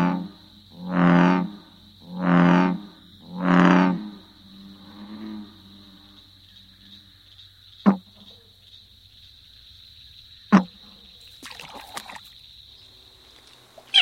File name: rana catesbeiana